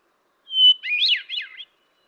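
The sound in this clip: Hermit thrush giving one song phrase, a clear steady whistled note followed by a quick tumbling, ethereal flutter of higher and lower notes.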